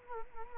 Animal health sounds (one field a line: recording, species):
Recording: mosquito wingbeat signal from an infrared sensor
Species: Culex quinquefasciatus